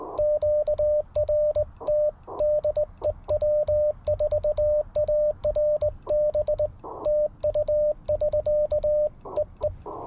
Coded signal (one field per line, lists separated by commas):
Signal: Morse code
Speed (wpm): 20 wpm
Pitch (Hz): 600 Hz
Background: radio noise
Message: QRT DE W4ARB TU <SK> EE